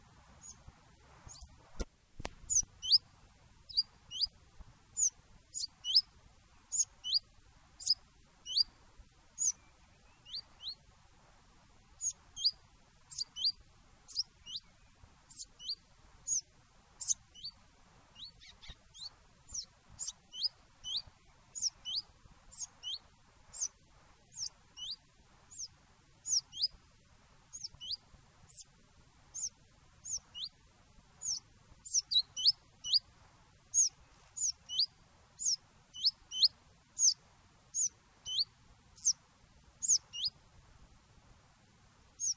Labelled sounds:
Willow Warbler (Phylloscopus trochilus)

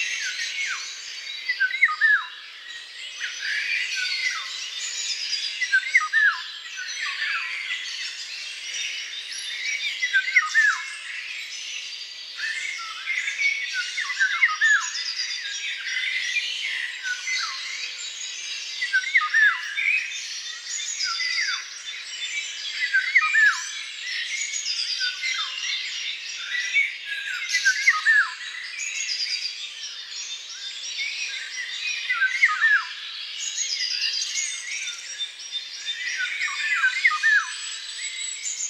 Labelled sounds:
Eurasian Golden Oriole (Oriolus oriolus) song

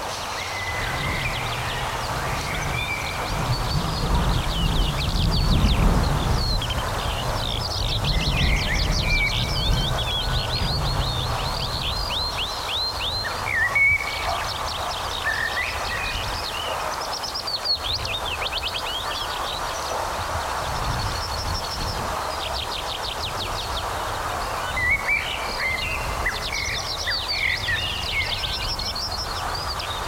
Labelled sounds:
Yellowhammer (Emberiza citrinella)

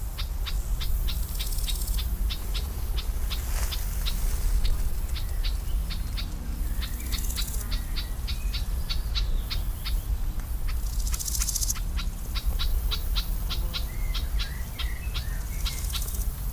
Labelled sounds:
Large Gold Grasshopper (Chrysochraon dispar) stridulation

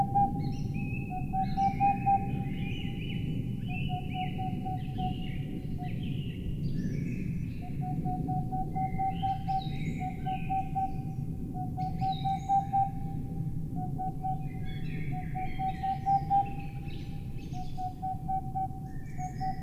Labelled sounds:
Boreal Owl (Aegolius funereus)

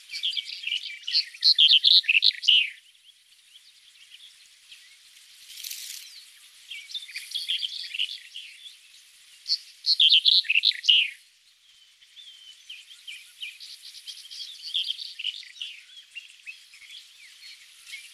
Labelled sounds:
Red-headed Bunting (Emberiza bruniceps) song

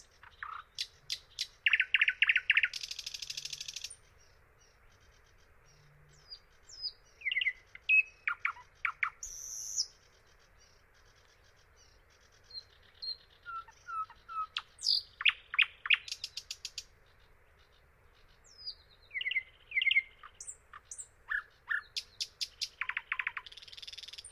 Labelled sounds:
Thrush Nightingale (Luscinia luscinia) song

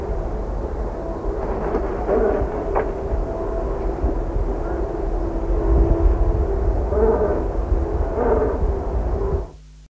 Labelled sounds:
Spectacled Owl (Pulsatrix perspicillata) call

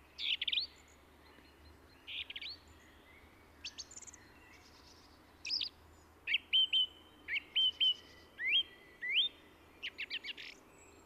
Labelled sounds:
Song Thrush (Turdus philomelos) song

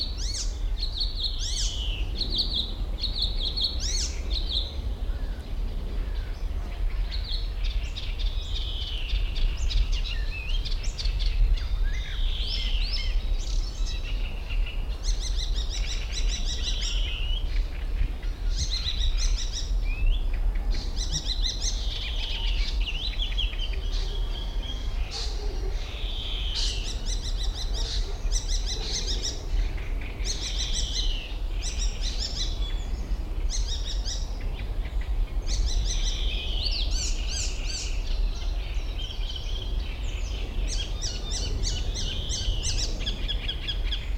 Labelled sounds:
Icterine Warbler (Hippolais icterina)

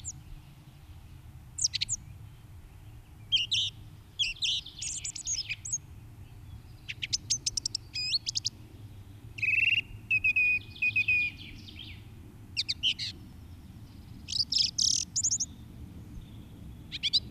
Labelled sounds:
Song Thrush (Turdus philomelos) song

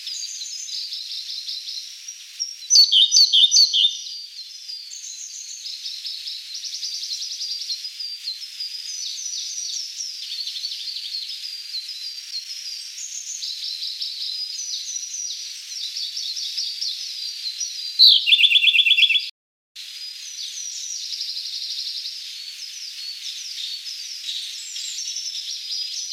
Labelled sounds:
Siberian Blue Robin (Luscinia cyane) song

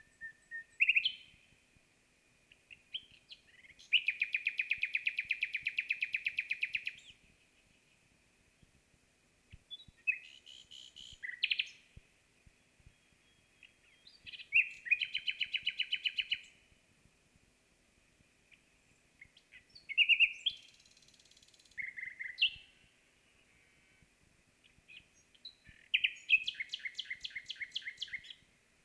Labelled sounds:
Common Nightingale (Luscinia megarhynchos) song

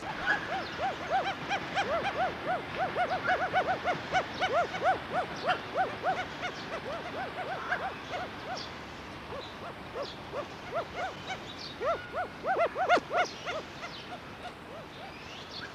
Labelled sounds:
Black Curassow (Crax alector) call

